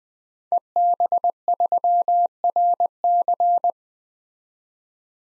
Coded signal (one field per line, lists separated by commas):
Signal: Morse code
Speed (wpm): 21 wpm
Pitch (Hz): 700 Hz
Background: none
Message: EB3RC